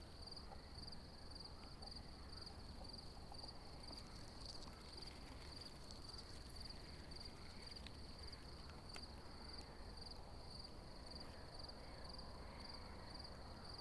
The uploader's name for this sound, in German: Grillen und eine Maus auf dem Hesselberg